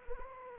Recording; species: mosquito wingbeat signal from an infrared sensor; Anopheles arabiensis